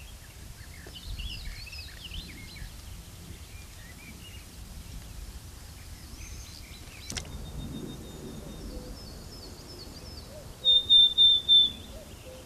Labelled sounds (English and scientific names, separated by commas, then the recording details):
Willow Tit (Poecile montanus)
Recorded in the wild
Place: Montreux, Kanton Waadt, CH
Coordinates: 46.4517, 6.97722
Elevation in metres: 1514
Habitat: mountains
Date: 1986-05-20
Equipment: Uher 4000 Report, Sennheiser MKH 815 T
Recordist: Tretzel, Erwin